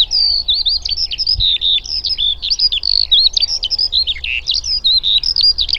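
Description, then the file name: Eurasian skylark song, a rapid unbroken stream of high chirps, trills and slurred whistles, sustained for the whole stretch with a faint low rumble beneath. "alauda arvensis"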